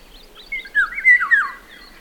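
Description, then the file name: Eurasian golden oriole song: a short, fluty, yodelling whistle phrase that swoops up and down. "ivolga"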